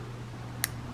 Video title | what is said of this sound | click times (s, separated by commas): Husqvarna Chainsaw - Full Rebuild | there we go sorry you didn't see that that all snapped into place there | 0.6 s